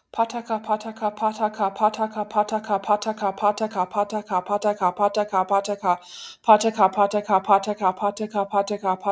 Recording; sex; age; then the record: repeated syllables /pa ta ka/; female; 30 to 39 years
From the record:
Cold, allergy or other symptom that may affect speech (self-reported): no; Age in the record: 36 years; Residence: Texas, United States